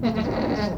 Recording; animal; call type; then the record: contact call of a hoofed animal; goat; low-frequency (closed-mouth) or high-frequency (open-mouth) call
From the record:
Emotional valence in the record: positive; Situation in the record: food anticipation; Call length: 0.79 s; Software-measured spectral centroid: 1550 Hz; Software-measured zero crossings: 1180 a second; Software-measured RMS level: -24 dBFS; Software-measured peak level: -12 dBFS